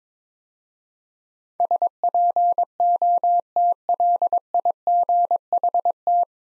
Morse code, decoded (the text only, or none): SPOTLIGHT